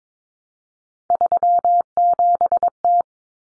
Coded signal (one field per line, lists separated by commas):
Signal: Morse code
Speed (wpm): 22 wpm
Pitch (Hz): 700 Hz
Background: none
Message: 37T